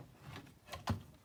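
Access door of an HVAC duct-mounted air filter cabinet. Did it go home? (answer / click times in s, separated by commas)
yes / 0.9 s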